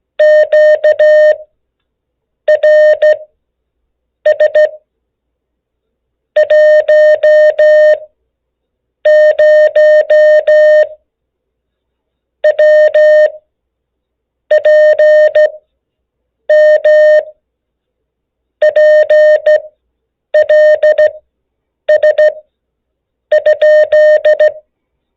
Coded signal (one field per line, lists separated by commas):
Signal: Morse code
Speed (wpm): 15 wpm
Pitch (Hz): 610 Hz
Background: none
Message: QRS 10WPM PLS?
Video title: How to Start QSO's for Beginners